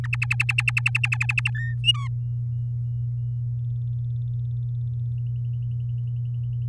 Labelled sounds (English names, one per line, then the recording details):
Domestic Canary song
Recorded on 10 May 2018 at 06:41
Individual llb16